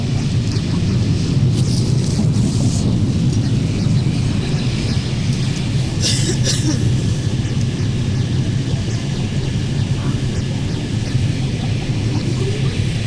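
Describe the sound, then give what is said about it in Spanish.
A subway train runs with a loud, steady low roar and rumble throughout, broken by brief high metallic squeals about halfway through. No one speaks. “Estoy en el subte y me pregunto, ¿dónde está Santiago Maldonado?”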